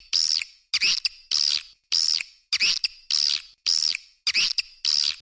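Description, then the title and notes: Swiftlet chirps: nine loud, sharp chirps in a steady series at just under two per second. No other sounds. Swiftlet calls from swiftlet farming in Asia. "Farming Swiflet Bird asia sound"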